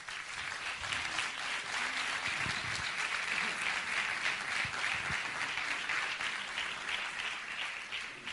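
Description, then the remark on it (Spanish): A crowd applauds steadily, a dense wash of many hands clapping at an even loudness for several seconds, with no speech over it, as the mayor of Bormujos is asked to come up on stage at an event. “que por supuesto son el señor alcalde de esta noble localidad de Bormujos, al que le pido entre aplausos que suba aquí.”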